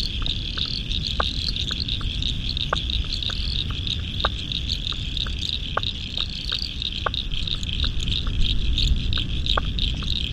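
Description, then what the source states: Frog chorus of scattered sharp clicks over a dense, continuous high trilling drone, with a steady deep rumble underneath throughout. Spring frog chorus at dusk beside the South Pacific Ocean, Royal National Park, Australia, November 2015.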